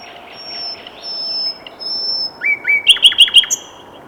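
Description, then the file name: Common nightingale song: long thin whistles held steady, then a run of loud repeated notes, ending in a brief high flourish. "Luscinia megarhynchos"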